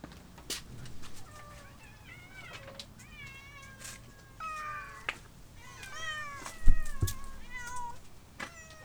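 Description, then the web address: Domestic cat meowing repeatedly, a run of short rising-and-falling mews following one another quickly, with a few soft knocks and clatters in between. Cat at feeding time; 3 December 2009. "Cat Feeding"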